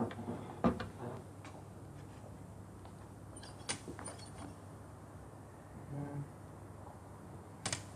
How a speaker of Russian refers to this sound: Вставляет ключ в замок, поворачивает.